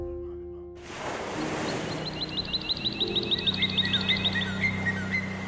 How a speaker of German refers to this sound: Geräusche von ewig rollenden Wellenbergen.